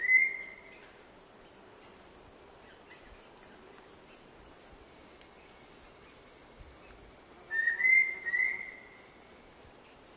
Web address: long billed thrush call